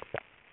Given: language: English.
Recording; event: throat vibration sensor signal played as sound; swallow